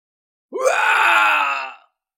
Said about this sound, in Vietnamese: Tiếng kêu thét thảm thiết, sinh linh gần đó lần lượt mất mạng.